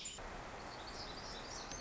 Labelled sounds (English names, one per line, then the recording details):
Black-throated Gray Warbler
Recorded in Sonoma County, California